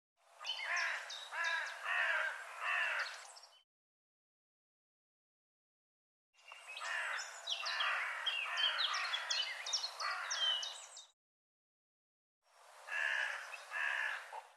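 Bird calls in three bursts of chattering, scratchy notes mixed with short chirps.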